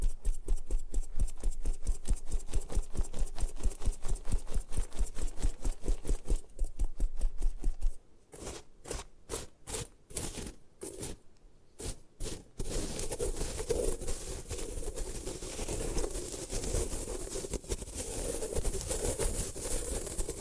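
Gym chalk is crushed and destroyed with a rapid, regular crunching that repeats many times a second for the first eight seconds. A sparser stretch of sharp, separate cracks follows, then a denser, rougher grinding and rustling fills the last eight seconds.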